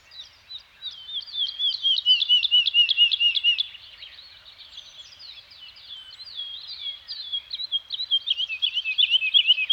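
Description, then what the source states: Songbird singing high, rapid trilled phrases of repeated down-slurred notes, one phrase, a quieter stretch, then another run of chirps. Scandinavian forest environment with birds singing.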